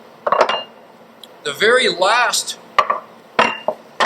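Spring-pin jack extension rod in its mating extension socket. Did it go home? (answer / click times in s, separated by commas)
released / 0.3 s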